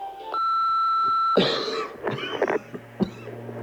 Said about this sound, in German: Also bitte 192 Kilobit, mehrmals husten und zwischendurch tief ein- und ausatmen.